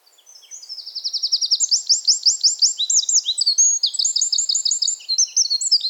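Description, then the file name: Eurasian wren singing a long energetic string of high trills and rattling repeated notes, starting softly and building to a loud, varied finish. "Troglodytes troglodytes"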